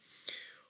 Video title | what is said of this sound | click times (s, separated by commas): Verdrahtung Wechselschalter Kreuzschaltung | habe der kommt dann drauf die der wird dann hier einfach so eingerastet wenn das richtig hier auf itzt | 0.3 s